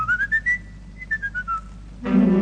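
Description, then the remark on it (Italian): A person whistles a bright, birdlike tune imitating a blackbird: a quick run of rising chirpy notes, a brief pause, then a descending phrase, before a fuller voiced sound cuts in. “Su quel ramo del lago di Como c'è un merlo che fa.”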